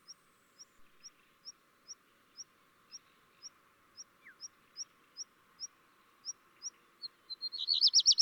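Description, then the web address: Black redstart giving a series of thin, high ticking notes, then breaking into the start of a fast, rattling song at the end. "chant xeno-canto rougequeue noir"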